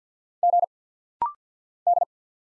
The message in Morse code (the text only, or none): G D